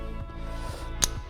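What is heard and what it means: A red positive wire connector, with a hook on its underside, is pushed into the round end of a boat power distribution block. A single sharp click sounds at 1.0 s over a steady low hum. The connector locks in place so it can't come back out and sits super tight.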